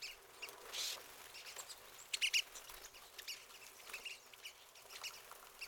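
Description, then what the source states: Pine siskins giving scattered high twittering notes, a short buzzy burst early on and a brief louder cluster of chips. Several pine siskins.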